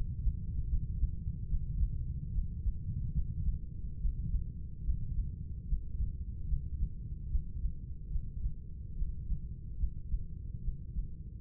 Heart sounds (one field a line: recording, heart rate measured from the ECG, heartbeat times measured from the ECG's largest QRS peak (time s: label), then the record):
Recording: heart sounds by stethoscope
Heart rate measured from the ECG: 72 bpm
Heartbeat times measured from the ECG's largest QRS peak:
0.67 s: heartbeat
1.46 s: heartbeat
2.31 s: heartbeat
3.11 s: heartbeat
3.98 s: heartbeat
4.82 s: heartbeat
5.65 s: heartbeat
6.45 s: heartbeat
7.28 s: heartbeat
8.08 s: heartbeat
8.94 s: heartbeat
9.76 s: heartbeat
10.60 s: heartbeat
From the record:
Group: healthy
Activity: breath hold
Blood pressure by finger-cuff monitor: 97/57 mmHg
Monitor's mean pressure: 72 mmHg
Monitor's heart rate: 73 bpm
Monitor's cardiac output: 6.2 L/min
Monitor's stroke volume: 85 mL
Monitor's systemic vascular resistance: 820 dyn s/cm5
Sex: female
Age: 26 years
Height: 165 cm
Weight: 55 kg